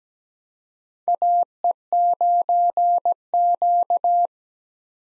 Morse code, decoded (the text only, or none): AE9Q